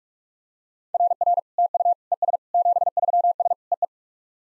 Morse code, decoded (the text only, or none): RR TU ES 73S EE